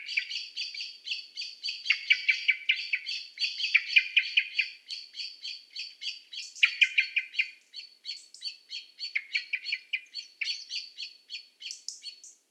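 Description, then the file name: Common blackbird giving a long, steady rattle of sharp, metallic notes in rapid succession, bursts swelling and easing throughout, with no other sounds. "Turdus merula"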